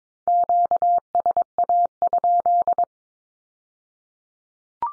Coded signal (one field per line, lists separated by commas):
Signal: Morse code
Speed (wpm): 22 wpm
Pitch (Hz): 700 Hz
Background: none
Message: QSA?